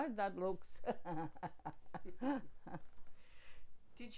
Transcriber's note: laughing